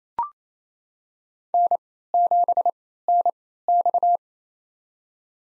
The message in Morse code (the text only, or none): N7NX